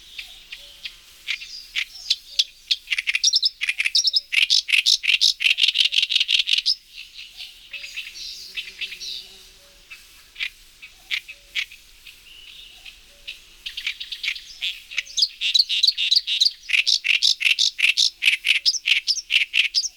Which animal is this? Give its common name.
Oriental Reed Warbler